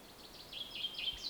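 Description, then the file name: Common chaffinch song fragment: a rapid series of faint, high notes rolling up and down. "Fringilla coelebs"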